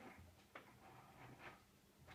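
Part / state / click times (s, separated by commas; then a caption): round connector piece into cat house panel / seated / 0.6 s. While assembling a four-storey cat house, a round plastic or cardboard connector piece is pushed into its socket in a panel. A short, sharp click at 0.6 s stands out above a low, quiet background with faint rustling, and the round piece seats into place.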